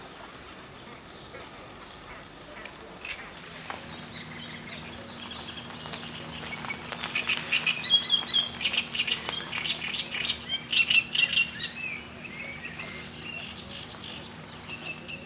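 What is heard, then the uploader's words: A great reed warbler sings harsh, chattering phrases that build from the sixth second, over a steady low hum and faint background noise. Great Reed Warbler singing at Lake Garda (Verona Italy).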